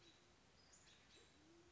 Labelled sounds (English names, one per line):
Band-tailed Pigeon